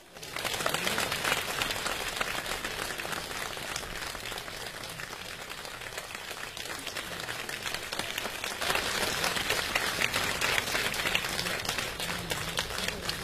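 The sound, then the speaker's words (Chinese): Sustained audience applause at a crosstalk show at Fengtai Xiangsheng hall marking the third anniversary of Hou Yaowen's death, welcoming crosstalk artists Wang Qianxiang and Li Zengrui; a dense crackle of many hands clapping at steady loudness, swelling slightly toward the end, with no voices heard over it. “节目呢一场接着一场，接下来请大家用热烈的掌声有请我国著名的相声表演艺术家王千祥、李增瑞。”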